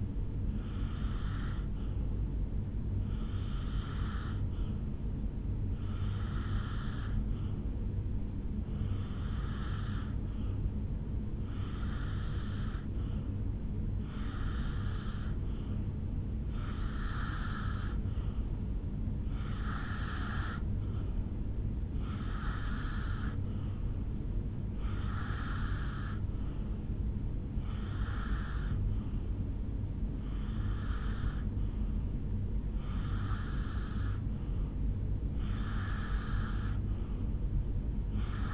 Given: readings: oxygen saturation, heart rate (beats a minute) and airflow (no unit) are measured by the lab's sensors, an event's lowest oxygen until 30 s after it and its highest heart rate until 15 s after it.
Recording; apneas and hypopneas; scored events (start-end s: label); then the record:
breathing in sleep by a smartphone at the bedside; none
19.00-38.54 s: new sleep stage, N2 (light sleep)
From the record:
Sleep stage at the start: N1 (lightest sleep); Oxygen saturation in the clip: 88 to 91%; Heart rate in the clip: 72 to 76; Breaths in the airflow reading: 14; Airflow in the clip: -3.1 to 2.4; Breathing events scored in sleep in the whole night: 449 in 7.0 hours asleep